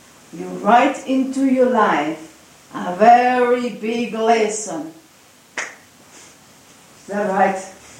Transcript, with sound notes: you write into your life a very big lesson, (claps the hands) is that right,